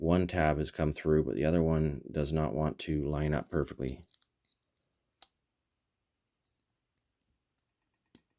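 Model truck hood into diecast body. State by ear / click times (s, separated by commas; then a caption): seated / 8.1 s. Someone talks while pressing the removable hood of a 1/64 diecast metal truck model into its body, with one locating tab already through and the other not lining up. After the talking stops, a few small clicks follow, and a sharp click at 8.2 s is the second tab snapping into the body, seating the hood.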